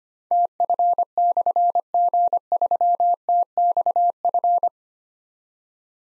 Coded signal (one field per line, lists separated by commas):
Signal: Morse code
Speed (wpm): 25 wpm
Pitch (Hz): 700 Hz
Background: none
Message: TF/G3TXF